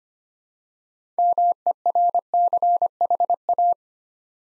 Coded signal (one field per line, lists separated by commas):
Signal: Morse code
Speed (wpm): 25 wpm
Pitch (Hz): 700 Hz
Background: none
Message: MERCHA